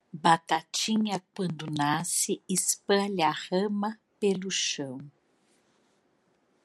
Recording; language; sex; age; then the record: short text; Brazilian Portuguese; female; 50 to 59 years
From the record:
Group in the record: control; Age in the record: 54 years